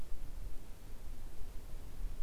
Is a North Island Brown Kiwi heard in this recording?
no